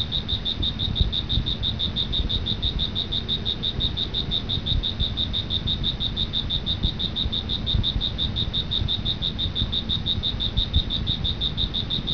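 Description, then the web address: Cricket calling with an unbroken, high-pitched pulsing chirp at a fast, steady rate, accompanied by a dull low-frequency hum. "特酷声音素材库 动物 昆虫 蟋蟀"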